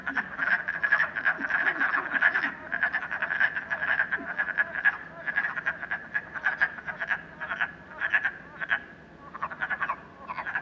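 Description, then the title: Frogs croaking in a thick rattling chorus, with a faint lower warbling sound early on beneath the calls. Frogs in a puddle at night in Canada, recorded during COVID-19. "Frogs, Night, Train, Canada"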